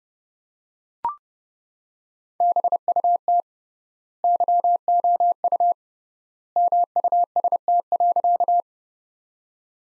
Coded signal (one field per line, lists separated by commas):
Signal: Morse code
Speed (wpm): 32 wpm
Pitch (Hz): 700 Hz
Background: none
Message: BUT YOU MUST.